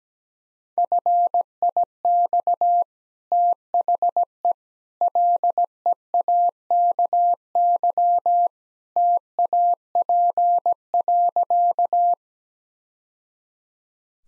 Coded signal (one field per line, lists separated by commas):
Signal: Morse code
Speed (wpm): 17 wpm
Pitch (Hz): 700 Hz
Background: none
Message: FIX THE LEAKY TAP.